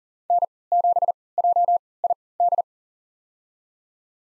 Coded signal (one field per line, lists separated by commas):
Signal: Morse code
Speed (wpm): 40 wpm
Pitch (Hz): 700 Hz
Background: none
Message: N7JID